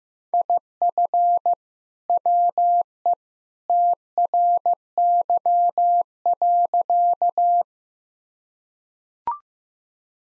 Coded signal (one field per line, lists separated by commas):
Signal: Morse code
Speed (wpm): 15 wpm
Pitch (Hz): 700 Hz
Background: none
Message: IF WE TRY.